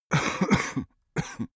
Male cough subdued.